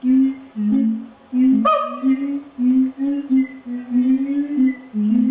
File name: siamang vocalizations